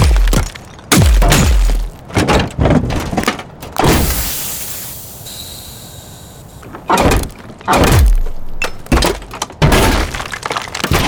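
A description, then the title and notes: Robot movement sounds: heavy mechanical thunks and clanks with low descending whirs, clustered near the start, around 4 seconds, and again from 7 to 11 seconds. Between them, a quieter hissing, airy servo passage drifts for a few seconds. Punchy. Carefully recorded and designed mechanized robot/droid sound effects. Robot Sound Effects.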